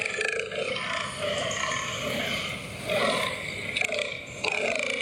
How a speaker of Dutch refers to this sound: Het is een beetje boeren, hè? Ja, precies. Ja. Het zou wel grappig zijn als we hier nu, terwijl we dit geluid aan het afspelen zijn hier, dat er dan ineens een hert naast ons staat van, hé, dit is een concurrent.